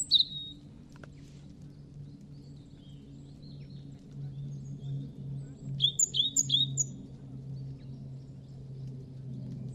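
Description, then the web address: European robin giving short bursts of thin, high, twittering notes at the start and again around six seconds, with fainter notes between, over a steady low hum. "Deverinetal 2025 File origin Bird Only Er Ru"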